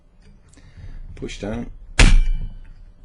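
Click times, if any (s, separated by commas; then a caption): 2.0 s. Someone talks briefly as another plastic push pin of the CPU cooler fan is pushed down into the motherboard. A sharp, loud click at 2.0 s marks the pin snapping in, and the push pin is seated.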